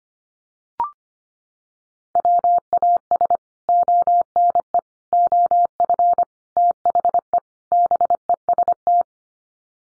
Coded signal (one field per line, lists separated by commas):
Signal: Morse code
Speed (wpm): 25 wpm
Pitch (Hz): 700 Hz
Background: none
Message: WAS ONE OF THE BEST